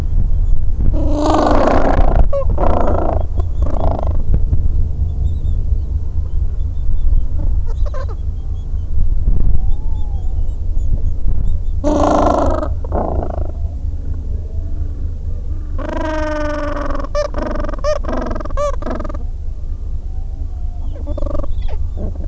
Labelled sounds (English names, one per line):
Gentoo Penguin